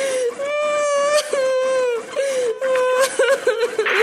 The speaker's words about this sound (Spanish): El llanto medio u ordinario consiste en una contracción general del rostro y un sonido espasmódico, acompañado de lágrimas y mocos, estos últimos al final.